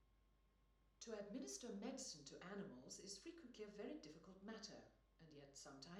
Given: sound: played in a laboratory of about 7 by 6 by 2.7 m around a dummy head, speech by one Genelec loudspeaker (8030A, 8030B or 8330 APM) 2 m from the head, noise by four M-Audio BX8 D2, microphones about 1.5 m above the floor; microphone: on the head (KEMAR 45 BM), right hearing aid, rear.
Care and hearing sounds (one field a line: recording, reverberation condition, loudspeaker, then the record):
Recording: female speech in English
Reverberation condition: medium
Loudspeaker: 150 degrees to the right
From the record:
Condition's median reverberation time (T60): about 510 ms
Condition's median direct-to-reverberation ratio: about -0.5 dB